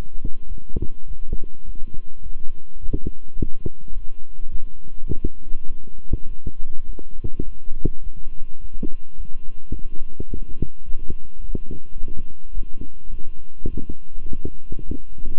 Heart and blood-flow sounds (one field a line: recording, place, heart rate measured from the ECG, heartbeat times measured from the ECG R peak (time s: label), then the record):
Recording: heart sounds by stethoscope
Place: between the tricuspid and mitral areas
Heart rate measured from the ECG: 104 bpm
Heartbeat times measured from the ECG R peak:
0.47 s: heartbeat
1.06 s: heartbeat
1.64 s: heartbeat
2.22 s: heartbeat
2.79 s: heartbeat
3.35 s: heartbeat
3.93 s: heartbeat
4.50 s: heartbeat
5.08 s: heartbeat
5.66 s: heartbeat
6.26 s: heartbeat
6.85 s: heartbeat
7.44 s: heartbeat
8.02 s: heartbeat
8.60 s: heartbeat
9.15 s: heartbeat
9.72 s: heartbeat
10.28 s: heartbeat
10.84 s: heartbeat
11.40 s: heartbeat
11.96 s: heartbeat
12.53 s: heartbeat
13.10 s: heartbeat
13.69 s: heartbeat
14.28 s: heartbeat
14.86 s: heartbeat
From the record:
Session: walking at 3.7 km/h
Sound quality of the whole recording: good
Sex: male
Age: 26 years